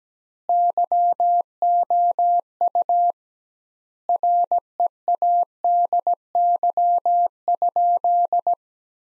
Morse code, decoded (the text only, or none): YOU READY?